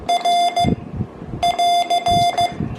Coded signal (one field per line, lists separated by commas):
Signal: Morse code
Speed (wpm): 15 wpm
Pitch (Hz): 3500 Hz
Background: none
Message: R <AR>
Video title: Small, lightweight morse code keys for portable CW QRP operations